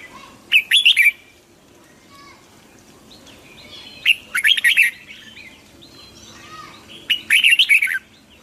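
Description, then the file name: Red-whiskered bulbul repeating a brisk, jumpy warbled phrase about every three seconds, three phrases in all. Hue strain red-whiskered bulbul singing in the 'giọng kép' (double-voice) song style. "Tieng chao mao hue hot giong kep"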